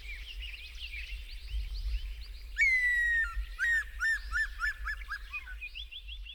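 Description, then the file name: Lizard buzzard gives one long, clear whistle, then a fast string of short, downslurred whistles. Before and after, many other birds chirp and trill in the background. "Lizard Buzzard (Kaupifalco monogrammicus)"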